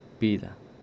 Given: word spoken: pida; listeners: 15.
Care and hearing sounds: one Spanish word in noise, from a listening test; speech-shaped noise; 23.2 dB; 2 of 15; 6 of 15; 0.43 s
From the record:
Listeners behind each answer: 6, 5, 2, 2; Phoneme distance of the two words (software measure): 10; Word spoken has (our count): 2 syllables, 4 phonemes, stress on syllable 1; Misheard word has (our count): 2 syllables, 4 phonemes, stress on syllable 1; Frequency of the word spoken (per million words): 5.63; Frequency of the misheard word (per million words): 809.46

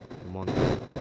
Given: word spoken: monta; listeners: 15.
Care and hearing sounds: one Spanish word in noise, from a listening test; noise modulated by one talker; -10.5 dB; 0 of 15; 8 of 15; 0.61 s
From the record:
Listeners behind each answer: 8, 3, 1, 1, 1, 1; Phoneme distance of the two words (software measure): 10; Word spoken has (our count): 2 syllables, 5 phonemes, stress on syllable 1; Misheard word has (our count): 2 syllables, 5 phonemes, stress on syllable 1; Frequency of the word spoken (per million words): 6.40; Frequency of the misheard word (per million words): 30.39

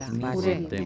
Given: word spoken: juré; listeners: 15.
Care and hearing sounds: one Spanish word in noise, from a listening test; four-talker babble; 0.5 dB; 0 of 15; 10 of 15; 0.45 s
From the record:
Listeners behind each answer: 10, 4, 1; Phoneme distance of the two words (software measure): 10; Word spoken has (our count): 2 syllables, 4 phonemes, stress on syllable 2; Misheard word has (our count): 2 syllables, 4 phonemes, stress on syllable 2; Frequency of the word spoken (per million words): 1.00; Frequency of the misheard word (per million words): 6.86

